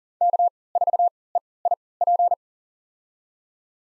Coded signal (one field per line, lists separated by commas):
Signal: Morse code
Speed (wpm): 40 wpm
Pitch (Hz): 700 Hz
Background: none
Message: K4EIP